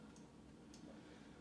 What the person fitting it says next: There we go, I heard a click, so it should be all good.